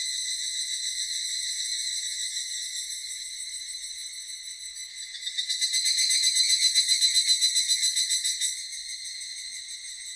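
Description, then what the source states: Evening cicada song, a high ringing pulsed trill that softens slightly, then swells louder midway before easing again. 16 July 1997.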